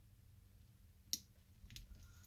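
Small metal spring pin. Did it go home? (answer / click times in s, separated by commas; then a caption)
yes / 1.1 s. A quick-release spring bar on the second end of a leather strap snaps into the lug hole of a Casio Edifice EFV-100D-1AVCR watch case after the quick-release lever is pulled and let go. One sharp click sounds at 1.1 seconds, followed by a couple of faint soft taps near 1.7 seconds, and the spring bar is seated.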